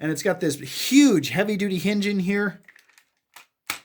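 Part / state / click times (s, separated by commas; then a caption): chest section hinge of a transforming robot toy / seated / 3.7 s. Someone talks while swinging the large plastic chest section of a 2005 Transformers Cybertron Supreme class Starscream toy down on its heavy-duty hinge. After the talking stops, a few faint ticks follow. At 3.7 s a sharp click sounds as the hinge locks into place, revealing the head and forming the chest.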